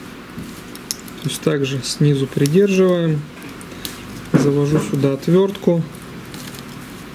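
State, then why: Released. Someone talks while a plastic Shift keycap on a laptop keyboard is held from below and pried up on one side with a screwdriver. At 6.6 s it clicks off its hinge clip and comes free of the scissor mechanism, released.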